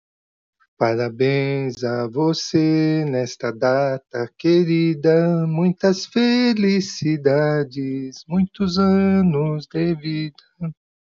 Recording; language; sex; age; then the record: short text; Brazilian Portuguese; male; 50 to 59 years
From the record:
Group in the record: control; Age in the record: 58 years